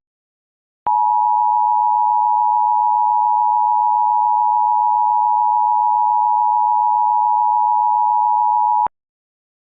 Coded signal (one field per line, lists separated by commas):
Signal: Emergency Alert System (SAME) tones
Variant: 853 and 960 Hz attention tone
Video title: EAS Short/MOCK | Emnet is back but at what costs?